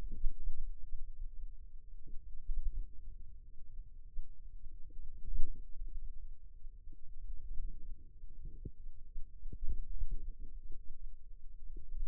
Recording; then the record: forearm muscle sounds (acoustic myography)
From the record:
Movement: hand opening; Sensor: system 2, bracelet of six BSWA MPA416 microphones around the upper forearm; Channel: 5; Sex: female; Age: 22 years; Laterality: right